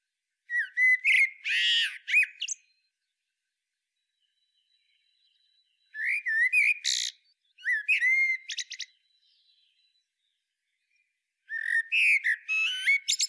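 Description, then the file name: Eurasian blackbird song: several phrases of fluty warbles and high squeaky twitters, separated by pauses of a few seconds. "Turdus merula"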